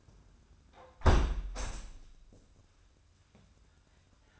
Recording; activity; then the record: daily activity, microphone in the room; close window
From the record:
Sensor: 2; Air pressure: 994.2 hPa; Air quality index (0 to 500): 210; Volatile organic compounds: 1000 ppm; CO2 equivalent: 6964 ppm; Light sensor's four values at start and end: 67/155/64/63 and 63/147/60/59